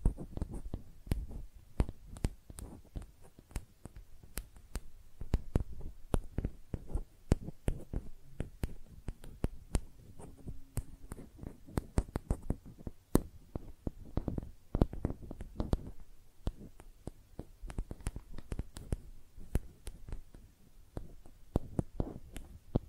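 Makeup tapping and scratching sounds: quick, dry taps and clicks come in dense irregular bursts throughout, with short scratchy strokes between them. A faint low hum sits underneath, and a brief soft tone appears around ten to thirteen seconds.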